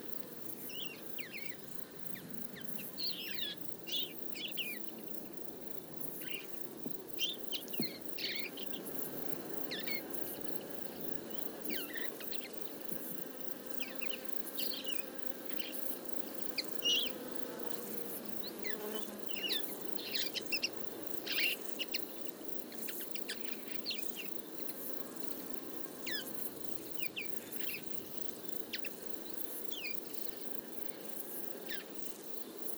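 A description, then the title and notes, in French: A flock of around fifty linnets feeds in a field, giving constant short, bright chirps and twittering calls scattered throughout. A soft, steady murmur of low rustling and noise sits underneath the whole time. Linotte mélodieuse en fin d'été. Durant une heure avec ma parabole monophonique (c'est à dire avec un seul microphone), j'ai suivi une troupe d'une cinquantaine de Linotte mélodieuse se nourrissant dans le champ.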